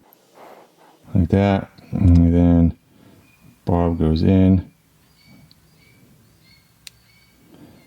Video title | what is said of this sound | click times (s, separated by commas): Motorcycle Wiring Tips & Tricks | you can almost hear that click, and now it's locked in there. | 6.9 s